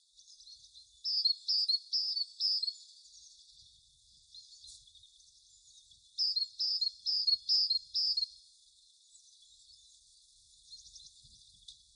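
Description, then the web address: Great tit giving two bursts of several evenly spaced, high, clipped notes, each burst lasting about two seconds, with soft hiss between them. "SETE data Parus major"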